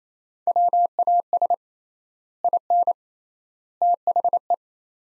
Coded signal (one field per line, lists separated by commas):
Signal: Morse code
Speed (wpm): 28 wpm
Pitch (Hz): 700 Hz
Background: none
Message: WAS IN THE